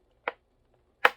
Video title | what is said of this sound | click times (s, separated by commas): EGS New Cases Are Here! Honest Review! How Do They Compare to CGC and CBCS? | oh same same thing with the bottom you can hear the pop | 0.3 s, 1.0 s